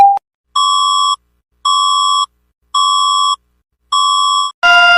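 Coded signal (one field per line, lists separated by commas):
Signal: none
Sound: TV parody alert beeps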